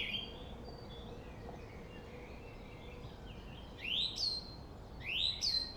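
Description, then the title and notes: Song thrush singing: soft twittering at first, then two loud, sharp rising whistled phrases near the end, with continuous background traffic hum. Singing at Friedhof Columbiadamm (Neuer Garnisonsfriedhof), a cemetery in Berlin, Germany, with distant city traffic noise; recorded on a Sony PCM D50. "Friedhof Columbiadamm, Berlin - Song thrush. Friedhof Columbiadamm (Neuer Garnisonsfriedhof), Song thrush (Singdrossel) singing, distant city. traffic noise"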